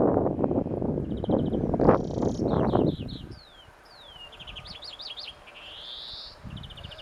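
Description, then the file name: European Greenfinch calls: high twittering chirps, short trills and a rising buzzy wheeze follow loud low rumbling and rustling that fades after about three seconds. "Chloris chloris"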